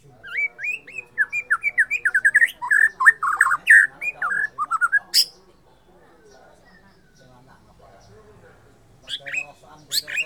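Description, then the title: White-rumped shama singing a fast run of varied, slurred whistles and chattering notes for five seconds, then near quiet before a few high sharp notes. Borneo. "MURAI BORNEO MAS KIKI"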